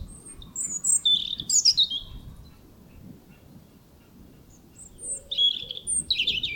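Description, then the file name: European robin delivering tinkling, high-pitched phrases early and again near the end, separated by a quiet gap with soft background noise. "Erithacus rubecula"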